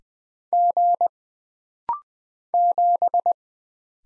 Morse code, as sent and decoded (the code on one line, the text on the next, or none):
--. / --...
G 7